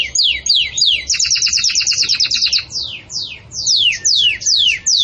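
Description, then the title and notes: Belgian canary singing fast trills of quick repeated chips between long high downward-slurred sweeps. Domestic Belgian canary, song style called campainha (bell), recorded for tutoring young canaries being raised. "Belíssimo Canto Do Canário Belga Campainha Para Encarte De Filhotes. CANARIO"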